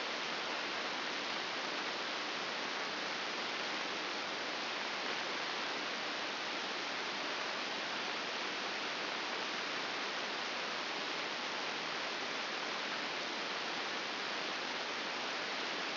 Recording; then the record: brain microelectrode recording played as sound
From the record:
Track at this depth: outside the subthalamic nucleus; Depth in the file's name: 6.861 mm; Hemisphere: left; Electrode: 2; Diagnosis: Parkinson's disease